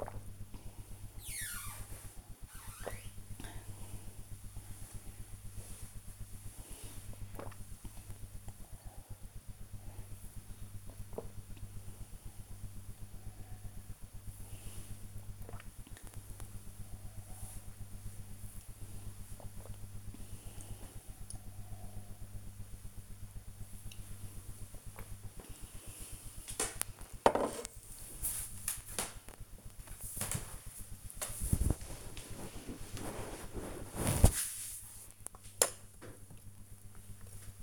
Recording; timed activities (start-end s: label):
household activities, microphone on the right wrist
0.00-25.50 s: drinking
33.57-37.63 s: cutting vegetables